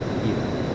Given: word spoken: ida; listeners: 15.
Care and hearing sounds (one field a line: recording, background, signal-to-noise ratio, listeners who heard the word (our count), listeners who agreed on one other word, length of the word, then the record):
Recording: one Spanish word in noise, from a listening test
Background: speech-shaped noise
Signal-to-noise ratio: -4.2 dB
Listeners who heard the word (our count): 0 of 15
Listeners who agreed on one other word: 7 of 15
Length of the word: 0.35 s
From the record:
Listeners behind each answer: 7, 2, 1, 1, 1, 1, 1, 1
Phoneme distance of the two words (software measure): 7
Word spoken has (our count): 2 syllables, 3 phonemes, stress on syllable 1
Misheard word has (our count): 2 syllables, 4 phonemes, stress on syllable 1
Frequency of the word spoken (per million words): 12.17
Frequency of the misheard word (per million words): 809.46